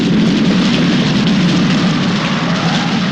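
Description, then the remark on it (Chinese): Steady, dense rain falls without a break, a loud continuous hiss of drops spread broadly with a fuller low patter underneath. No voices. “儿子，这可是下雨了啊”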